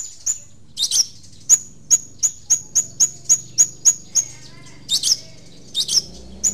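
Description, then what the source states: Long-tailed shrike song: sharp, clipped notes each with a thin whistle, given in a quick series, with a few harsher bursts. Long-tailed shrike, known locally as cendet, singing in the song style called "super tembak".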